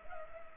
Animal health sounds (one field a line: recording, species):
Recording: mosquito wingbeat signal from an infrared sensor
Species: Culex pipiens